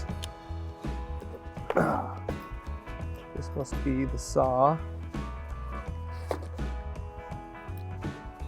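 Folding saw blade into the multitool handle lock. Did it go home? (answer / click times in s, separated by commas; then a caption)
no / none. The folding saw blade of an ACLIM8 COMBAR Pro titanium multitool is handled and swung toward its lock in the handle, with a few sharp handling ticks over background music while someone talks. The clip ends before the blade goes home, so nothing has seated or clicked yet.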